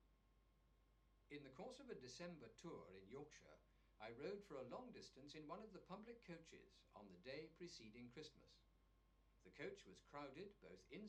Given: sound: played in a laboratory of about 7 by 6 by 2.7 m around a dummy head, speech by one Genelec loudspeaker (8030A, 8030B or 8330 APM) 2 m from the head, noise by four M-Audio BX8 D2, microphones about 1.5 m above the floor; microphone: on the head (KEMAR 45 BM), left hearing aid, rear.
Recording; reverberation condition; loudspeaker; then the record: male speech in English; low; 30 degrees to the left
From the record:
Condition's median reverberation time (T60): about 310 ms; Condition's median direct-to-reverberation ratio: about 3.5 dB